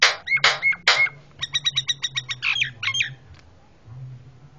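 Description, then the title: Javan myna with three loud raspy squawks followed by a quick run of clicking, chattering notes that fade out, with a low hum beneath. Very noisy calling, a master sound used for training cage birds. "Jalak Kebo Master Suara Super Berisik Buat Masteran"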